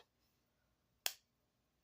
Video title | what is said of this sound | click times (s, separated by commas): Beautiful Case Peanut Red Worn Bone 6220 Review. | snaps into place good good looking pin Blade the peanut has a great | 1.1 s